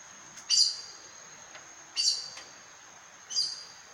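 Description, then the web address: Aracari producing three sharp, high squeaky notes spaced over about three seconds, over low steady background hiss. "sound Aracari. صدای-پرنده-پرزبان"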